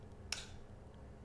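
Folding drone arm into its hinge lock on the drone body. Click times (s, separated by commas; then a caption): 0.3 s. A folding arm on a small Parrot Anafi camera drone is unfolded into its hinge lock on the drone body, and a single sharp, bright click is heard at 0.3 s over a quiet low background hum. The locking mechanism snaps into place, leaving the arm locked open, holding well and strong without collapsing.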